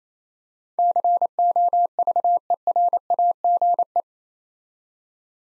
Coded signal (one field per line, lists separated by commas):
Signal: Morse code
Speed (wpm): 28 wpm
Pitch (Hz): 700 Hz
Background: none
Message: COVERAGE